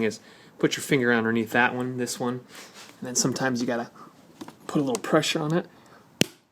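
Someone talks while pressing up on the plastic passenger-side micro filter (cabin air filter) housing cover of a BMW E65/E66, with a finger underneath and a little pressure. At 6.2 s a single short, sharp click rings out as the plastic latch catches on its hinge, and the cover is latched shut and seated.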